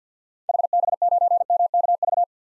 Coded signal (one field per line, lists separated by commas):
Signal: Morse code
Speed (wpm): 49 wpm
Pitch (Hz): 700 Hz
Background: none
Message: HB9MKV